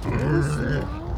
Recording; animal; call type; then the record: contact call of a hoofed animal; wild boar; grunt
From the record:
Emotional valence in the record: negative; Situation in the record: naturally occurring agonistic interactions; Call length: 1.18 s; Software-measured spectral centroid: 1720 Hz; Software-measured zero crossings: 930 a second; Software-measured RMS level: -24 dBFS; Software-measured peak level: -11 dBFS